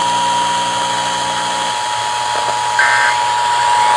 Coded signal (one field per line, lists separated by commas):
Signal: Emergency Alert System (SAME) tones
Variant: 853 and 960 Hz attention tone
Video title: Pennsylvania Required Monthly Tests (1/20/22)(EAS 1054-1061)